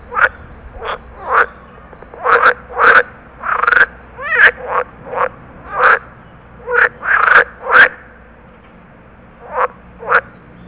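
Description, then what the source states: Water frog croaks in rough, irregular bursts, some doubled or tripled, steadily repeating over ten seconds with brief gaps. Territorial call.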